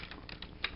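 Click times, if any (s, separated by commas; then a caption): 0.6 s. A sliding section of a Deluxe Turbo Megazord transformable robot toy is slid all the way up, with light plastic rattles and small ticks along the way. It snaps into place with a sharp click at 0.6 s, completing the combined robot mode.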